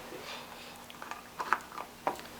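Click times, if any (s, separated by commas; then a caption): 1.5 s. The cover of a small electronics project enclosure, which must be opened to reprogram the device, is closed back on. After soft handling noises and a few light taps, a sharp click at 1.5 seconds marks the cover clicking into place and seating, followed by another tap around 2.1 seconds.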